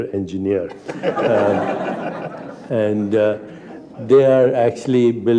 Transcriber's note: laughter